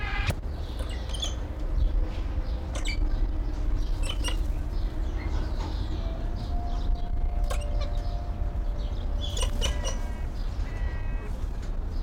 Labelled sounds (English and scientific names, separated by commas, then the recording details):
Blue-winged Macaw (Primolius maracana) call
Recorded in captivity
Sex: pair
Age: adult
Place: Zoo Berlin, Berlin, DE
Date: 1995-02-04 10:58
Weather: overcast, 4°C, wind
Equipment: Marantz CP 430, Sennheiser ME 80, Kopie Uher Variocord 263
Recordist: Tembrock, Günter